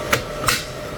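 A nozzle assembly with a new hardened steel nozzle is lined up on two pins and pushed into the printhead of an Anycubic Kobra 3 3D printer. A sharp click at 0.1 s shows it has seated, followed by a second short, broader sound at 0.5 s.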